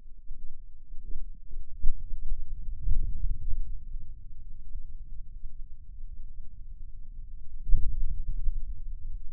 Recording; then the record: forearm muscle sounds (acoustic myography)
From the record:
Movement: hand opening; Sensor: system 2, bracelet of six BSWA MPA416 microphones around the upper forearm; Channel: 1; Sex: male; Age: 22 years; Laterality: right